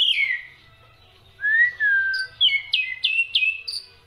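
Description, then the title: Black-winged myna song: long slurred whistles, then a series of short sharp whistled notes dropping in pitch, roughly three per second. Dense, lively song with many variations, used as a tutor recording for training songbirds. "Kicauan Rapat Jalak Putih Gacor Banyak Variasi Untuk Masteran"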